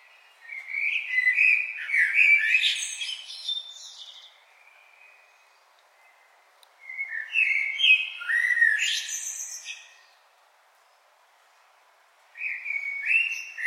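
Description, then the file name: Common blackbird singing in separate phrases: low melodious warbled whistles followed by thin high twitters, each phrase a few seconds long with short pauses between. "Turdus merula"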